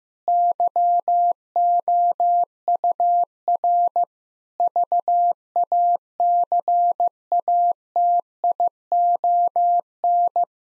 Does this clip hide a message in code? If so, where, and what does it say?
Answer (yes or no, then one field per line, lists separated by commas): yes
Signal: Morse code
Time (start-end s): 0.3-10.4 s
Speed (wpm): 15 wpm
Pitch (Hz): 700 Hz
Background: none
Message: YOUR VACATION